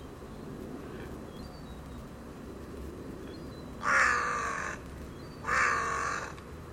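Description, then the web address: Bird giving two harsh, rasping caws near the end after several quiet seconds, the second following about a second and a half after the first. "cianscape. Deverinetal. Bird Only"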